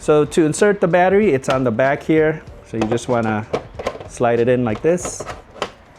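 Someone talks while a rechargeable battery pack is slid into the back of an AstroAI TC3 handheld cordless tire inflator. Nothing has seated or clicked yet; the pack is still being handled when the clip ends.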